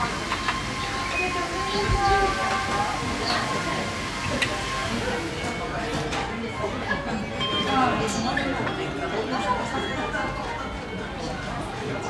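A busy sushi restaurant where many overlapping voices talk at once in a steady, dense murmur. Short bright clinks of dishes and utensils break through every second or two. A low, even rumble sits underneath the whole time.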